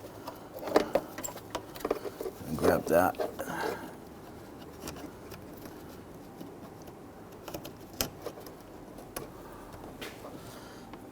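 On a 2011-2023 Dodge Charger 3.6L V6 headlight replacement, the marker light harness connector is handled near the marker lamp socket while someone talks. Sharp plastic taps and rattles sound against a low background hum, with a loud tick near 8.0 s. Nothing has seated or clicked yet.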